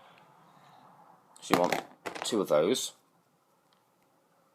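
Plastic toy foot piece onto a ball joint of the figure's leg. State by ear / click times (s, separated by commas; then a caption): not seated / none. A plastic foot piece from a 2001 Bionicle Toa Lewa Mata figure is handled while building the figure, about to be pressed onto a ball joint of the leg. Someone talks from about 1.4 to 2.9 s over a low background hiss, with only faint ticks near 0.2 s and 3.7 s. Nothing has seated or clicked yet.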